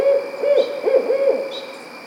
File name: Barred Owl Strix varia